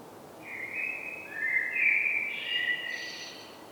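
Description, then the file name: Common blackbird delivering a long, mellow warbled phrase of several fluted notes that climbs into a high, thin squeaky ending. "Turdus merula"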